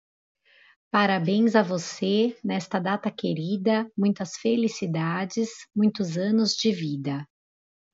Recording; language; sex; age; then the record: short text; Brazilian Portuguese; female; 30 to 39 years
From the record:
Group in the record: control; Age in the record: 36 years